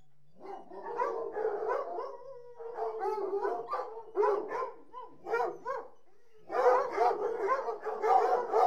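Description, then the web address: Hunting hounds in a dense chorus of overlapping whines and yelps, pausing briefly before a loud burst at the end. About 60 hunting hounds whining together. "BBC Sound Effects Library. Hunting Hounds"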